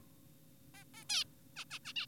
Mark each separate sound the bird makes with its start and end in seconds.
0.74-0.84, 0.94-1.04, 1.10-1.24, 1.56-1.65, 1.71-1.79, 1.85-1.93, 1.96-2.06